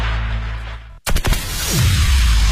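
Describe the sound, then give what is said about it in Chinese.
A steady noisy hum cuts out, then several sharp, loud bangs of firecrackers set off for the Chinese Spring Festival burst in quick succession before giving way to a dense, continuous crackling hiss. “依法依规放鞭炮，平平安安过春节。”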